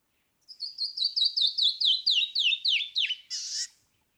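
Canyon wren song: a quick run of about a dozen sweet whistled notes tumbling down the scale, closed by one rasping buzzy note.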